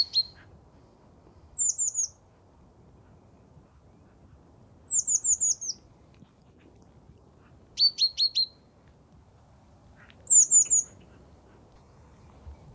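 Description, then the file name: Great tit calls: short bursts of several high, thin, down-slurred notes, each burst spaced a few seconds apart, against a quiet background hiss. "Parus major"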